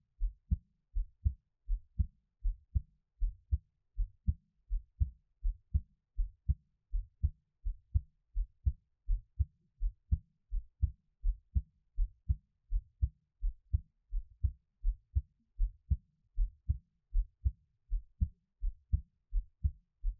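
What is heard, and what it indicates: An adult's heartbeat heard close up, with no talking. Normal heart sounds.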